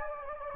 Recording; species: mosquito wingbeat signal from an infrared sensor; Anopheles gambiae